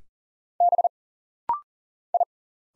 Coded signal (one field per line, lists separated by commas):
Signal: Morse code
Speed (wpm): 40 wpm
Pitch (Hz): 700 Hz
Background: none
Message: B I